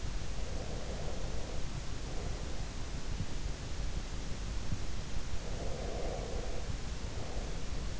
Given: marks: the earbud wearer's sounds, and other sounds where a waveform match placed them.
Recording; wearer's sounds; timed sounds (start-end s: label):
sounds in sleep by an in-ear microphone; breath
0.47-2.81 s: breath
5.34-8.00 s: breath